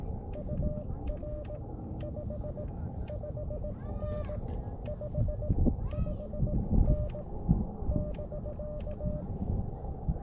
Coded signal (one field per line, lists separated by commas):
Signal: Morse code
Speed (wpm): 18 wpm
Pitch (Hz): 600 Hz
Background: none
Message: UR 55N 55N <BK>